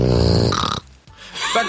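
A low, rattling, buzzing snore from a sleeping person at home lasts under a second. It is followed by a brief quiet gap and the start of another softer, rougher breath sound. This is ordinary snoring from vibration of the upper airway during sleep.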